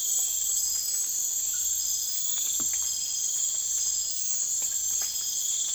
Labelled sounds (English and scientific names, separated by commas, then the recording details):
none
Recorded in secondary vegetation near Puerto Asís, Putumayo, Colombia, on 25 June 2025
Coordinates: 0.488, -76.319
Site G094